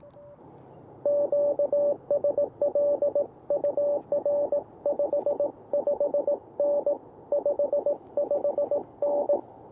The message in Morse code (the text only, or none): QSL UR 55N 55N